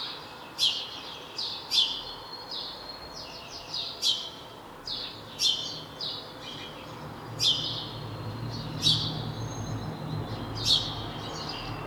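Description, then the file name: House sparrow chirping, a series of bright clipped notes at uneven intervals. "Passer domesticus"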